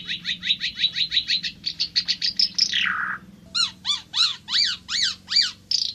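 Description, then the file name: Ara timor: bird song starts with a fast trill of crisp notes, slides into a falling whistle, then gives a series of bright, evenly spaced chirps. "suara burung ara timor"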